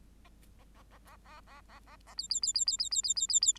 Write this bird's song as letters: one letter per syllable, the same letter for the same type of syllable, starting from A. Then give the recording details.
A A A A A A A A A A B B B B B B B B B B B. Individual Bird8